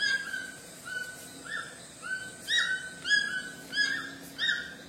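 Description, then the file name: White-throated toucan song: yelping notes repeated in a fast, irregular series. "canto do tucano grande de papo branco"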